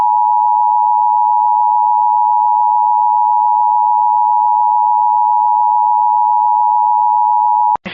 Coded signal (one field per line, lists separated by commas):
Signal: Emergency Alert System (SAME) tones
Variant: 853 and 960 Hz attention tone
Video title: EAS Recreation Mock - Flash Flood Warning